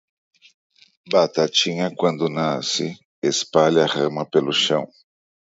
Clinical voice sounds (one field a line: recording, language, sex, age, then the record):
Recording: short text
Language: Brazilian Portuguese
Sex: male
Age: 30 to 39 years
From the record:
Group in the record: control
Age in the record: 39 years